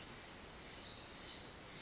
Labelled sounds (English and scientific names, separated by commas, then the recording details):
Pacific Wren (Troglodytes pacificus)
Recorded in Sonoma County, California